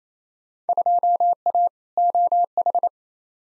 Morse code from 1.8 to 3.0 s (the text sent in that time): OH